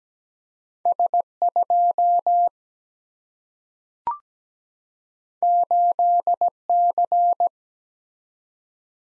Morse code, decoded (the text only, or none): S 2 8 C